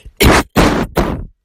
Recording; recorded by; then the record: voluntary cough; messaging app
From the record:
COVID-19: negative